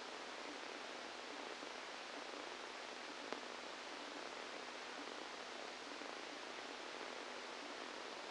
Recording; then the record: brain microelectrode recording played as sound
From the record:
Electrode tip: inside the subthalamic nucleus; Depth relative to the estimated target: -3 mm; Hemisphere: left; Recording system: NeuroSet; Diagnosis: Parkinson's disease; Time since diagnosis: 17 years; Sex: male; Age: 64 years